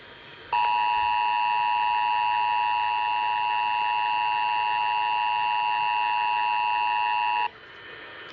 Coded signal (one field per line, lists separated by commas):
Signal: Emergency Alert System (SAME) tones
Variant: 853 and 960 Hz attention tone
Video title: EAS #26-31: SW ND High Wing Warning,Kansas RMT, Olmsted 911 Outage, DC, VA Amber Alert, & NOAA RWT